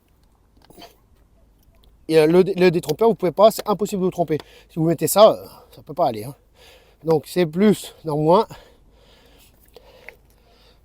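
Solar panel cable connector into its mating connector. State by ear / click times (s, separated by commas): seated / 10.1 s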